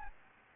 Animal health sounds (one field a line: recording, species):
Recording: mosquito wingbeat signal from an infrared sensor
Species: Anopheles gambiae